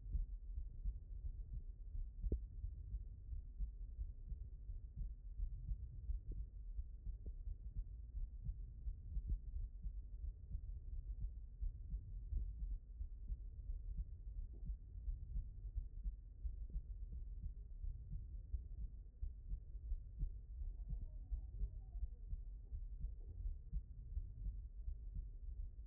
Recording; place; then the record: heart sounds by stethoscope; aortic valve (AV)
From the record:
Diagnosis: non-HFrEF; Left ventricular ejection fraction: 68%